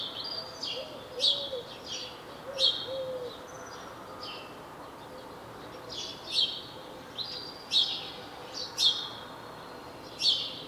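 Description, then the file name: House sparrow repeating short chirps every second or so, with a quieter stretch in the middle, over a quiet hissy background. "Passer domesticus"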